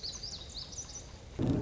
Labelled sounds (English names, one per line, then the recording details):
Lazuli Bunting
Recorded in Sonoma County, California